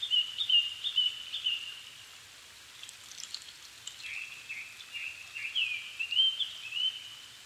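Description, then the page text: Japanese thrush singing two whistled phrases of fast repeated notes sliding up and down, separated by a brief quieter pause, with background hiss. Recorded 7 May 2011 at 17:59 in the evening; Nikko, Japan; altitude 270 m; Sony PCM-D50 recorder with Panasonic WM-61A microphone. "kurotugumi 20110507-1759. Turdus cardis [Sounds -Nikko Today-]"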